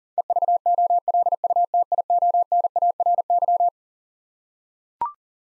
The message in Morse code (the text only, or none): EVOLUTIONARY